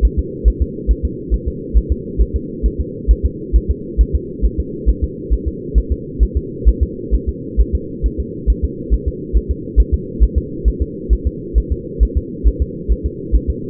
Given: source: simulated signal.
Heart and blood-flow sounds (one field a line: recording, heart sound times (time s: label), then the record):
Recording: fetal heart sounds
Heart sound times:
0.05 s: S1
0.19 s: S2
0.48 s: S1
0.62 s: S2
0.91 s: S1
1.05 s: S2
1.34 s: S1
1.48 s: S2
1.77 s: S1
1.92 s: S2
2.22 s: S1
2.36 s: S2
2.66 s: S1
2.81 s: S2
3.11 s: S1
3.25 s: S2
3.56 s: S1
3.71 s: S2
4.01 s: S1
4.15 s: S2
4.45 s: S1
4.60 s: S2
4.90 s: S1
5.04 s: S2
5.34 s: S1
5.48 s: S2
5.78 s: S1
5.92 s: S2
6.23 s: S1
6.37 s: S2
6.69 s: S1
6.83 s: S2
7.15 s: S1
7.29 s: S2
7.61 s: S1
7.75 s: S2
8.06 s: S1
8.20 s: S2
8.50 s: S1
8.65 s: S2
8.94 s: S1
9.08 s: S2
9.37 s: S1
9.51 s: S2
9.80 s: S1
9.94 s: S2
10.23 s: S1
10.38 s: S2
10.68 s: S1
10.82 s: S2
11.13 s: S1
11.27 s: S2
11.58 s: S1
11.72 s: S2
12.03 s: S1
12.17 s: S2
12.48 s: S1
12.62 s: S2
12.92 s: S1
13.06 s: S2
13.35 s: S1
13.50 s: S2
From the record:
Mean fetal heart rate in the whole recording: 135 bpm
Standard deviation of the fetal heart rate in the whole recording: 3 bpm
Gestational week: 34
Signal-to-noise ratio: -4.1 dB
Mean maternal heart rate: no maternal heart sound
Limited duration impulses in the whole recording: absent